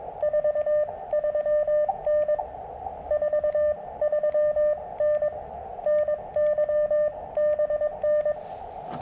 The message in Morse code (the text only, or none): 43N 43N NY BN